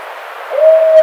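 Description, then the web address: Barred owl giving a single sustained hoot, steady and slightly rising, held for about half a second over a soft background hiss. Recorded 30 April 2009. "Barred Owl 2009 04 30"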